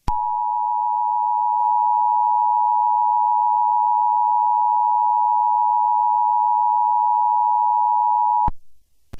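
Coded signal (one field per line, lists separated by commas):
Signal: Emergency Alert System (SAME) tones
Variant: 853 and 960 Hz attention tone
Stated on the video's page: Fictional EAS scenario alert: a simulated Minecraft attack, not a real activation.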